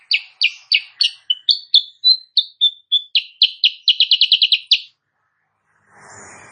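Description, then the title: Sooty-headed bulbul song: a steady run of bright chirps mixing rough and pure whistled notes, speeding into a quick rattle, then a soft rustle. Kutilang Sutra type; singing actively (gacor) in the morning; tutor recording (masteran) for training songbirds, said to make rival birds answer. "Masteran Kutilang Sutra. Kutilang Sutra GACOR pagi hari bikin lawannya AUTO NYAUT"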